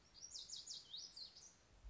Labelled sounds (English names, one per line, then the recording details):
Lazuli Bunting
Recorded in Sonoma County, California